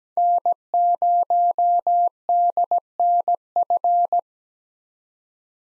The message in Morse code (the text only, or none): N0DNF